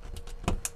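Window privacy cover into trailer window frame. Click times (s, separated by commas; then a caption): 0.5 s, 0.7 s. In the rear of a travel trailer, a window privacy cover, used instead of blinds, is pressed into the window frame, with two faint taps followed by sharp snap hits. The cover snaps into place, seating with clicks at 0.5 s and 0.7 s.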